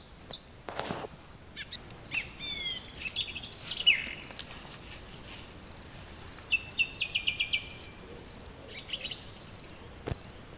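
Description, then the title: Song thrush song, varied high phrases, some made of quick repeated notes. "Grive musicienne"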